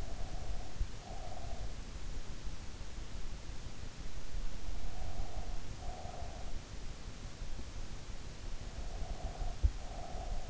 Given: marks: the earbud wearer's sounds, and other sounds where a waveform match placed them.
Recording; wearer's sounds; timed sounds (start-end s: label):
sounds in sleep by an in-ear microphone; breath
0.00-1.64 s: breath
5.01-6.43 s: breath
8.79-10.50 s: breath